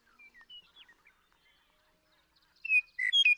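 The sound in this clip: Western meadowlark song: a few soft, scattered whistled notes, then after a pause a loud burst of clear whistles and bubbling warbles.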